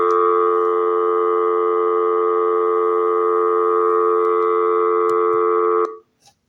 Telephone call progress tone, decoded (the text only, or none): dial tone